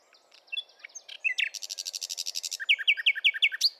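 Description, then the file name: Common nightingale singing: scattered chirps lead into a long rattling buzz, then a crisp series of rapid, evenly spaced notes. "Luscinia megarhynchos"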